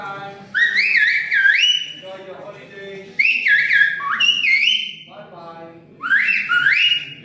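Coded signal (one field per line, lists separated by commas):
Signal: whistled language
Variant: Silbo Gomero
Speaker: The waitress whistled to ask her colleague to find the camera and return it to the owner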